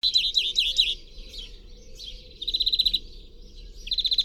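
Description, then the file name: European greenfinch calling with fast, ringing trills, an opening burst of looping notes, then softer twitters before two more rapid trilled bursts over a faint low hum. "Chloris chloris"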